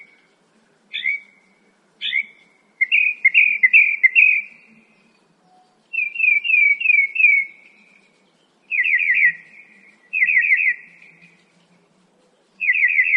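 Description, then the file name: Northern mockingbird song, short bursts of rapid trilled notes repeated in separate phrases with pauses, each phrase a different fast rattle. "kicauan-burung-northern-mockingbird -omkicau"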